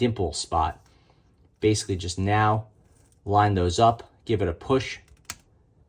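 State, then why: Seated. A plastic toothbrush head is lined up so the high point of its blue part meets the dimple on the ring, then pushed onto the battery handle of a Quip electric toothbrush while someone talks. A sharp plastic click at 5.3 s marks the head snapping into place, seated and secure.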